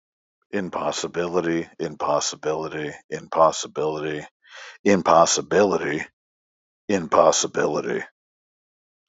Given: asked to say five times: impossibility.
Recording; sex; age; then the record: repeated word; male; 40 to 49 years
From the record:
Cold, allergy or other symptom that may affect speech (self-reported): no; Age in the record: 44 years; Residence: Texas, United States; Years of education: 12